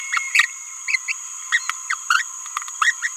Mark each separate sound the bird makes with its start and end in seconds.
0.35-0.45, 0.88-0.96, 1.09-1.12, 1.52-1.58, 1.90-1.94, 2.10-2.25, 2.79-2.96, 3.02-3.12